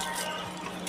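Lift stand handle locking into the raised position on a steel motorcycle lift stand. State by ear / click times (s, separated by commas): not seated / none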